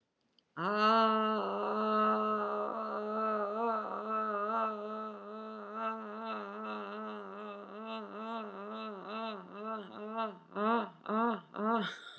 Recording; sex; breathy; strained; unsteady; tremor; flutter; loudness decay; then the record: sustained vowel /a/; female; absent; present; present; present; absent; absent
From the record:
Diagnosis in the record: healthy control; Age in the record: 70 years